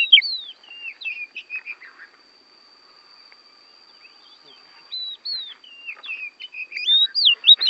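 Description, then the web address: Oriental magpie-robin song in two loud bouts of clear downslurred and upslurred whistles with chattering notes, separated by a quiet pause. Oriental magpie-robin from Borneo; a recording meant for training other songbirds to copy its song (masteran). "kacer borneo. masteran kacer"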